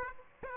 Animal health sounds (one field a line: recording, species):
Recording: mosquito wingbeat signal from an infrared sensor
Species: Aedes aegypti